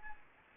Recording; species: mosquito wingbeat signal from an infrared sensor; Anopheles arabiensis